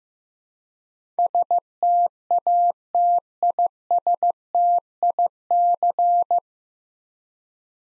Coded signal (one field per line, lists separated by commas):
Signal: Morse code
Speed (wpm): 15 wpm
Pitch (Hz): 700 Hz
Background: none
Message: STATISTIC